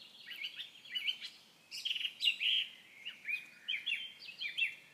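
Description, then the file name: Common nightingale song: rapid varied phrases of chirps and sharp notes, with brief pauses between bursts. "Nachtegaal"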